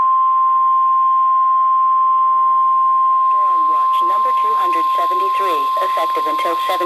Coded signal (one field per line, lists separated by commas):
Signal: Emergency Alert System (SAME) tones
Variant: 1050 Hz attention tone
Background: speech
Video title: EAS Severe Thunderstorm Watch